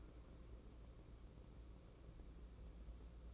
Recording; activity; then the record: daily activity, microphone in the room; take from stove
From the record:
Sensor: 1